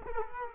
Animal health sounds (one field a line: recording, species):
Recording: mosquito wingbeat signal from an infrared sensor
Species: Culex quinquefasciatus